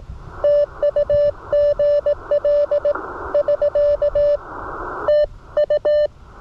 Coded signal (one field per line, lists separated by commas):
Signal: Morse code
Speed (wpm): 17 wpm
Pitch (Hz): 590 Hz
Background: none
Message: TUGL <SK> TU